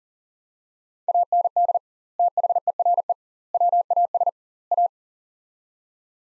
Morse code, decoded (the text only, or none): AND THERE WAS A